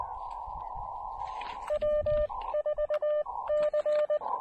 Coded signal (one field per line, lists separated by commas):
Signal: Morse code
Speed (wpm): 19 wpm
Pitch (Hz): 590 Hz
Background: none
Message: W4C